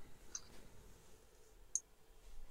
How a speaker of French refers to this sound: Je sais pas, en général, quand tu lances des dés comme ça, tu dis toujours des noms bizarres.